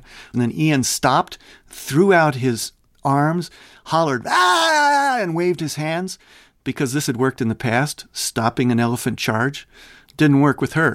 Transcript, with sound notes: And then Iain stopped, threw out his arms, hollered (imitating shouting) and waved his hands because this had worked in the past, stopping an elephant charge - didn't work with her.